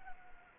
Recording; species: mosquito wingbeat signal from an infrared sensor; Anopheles arabiensis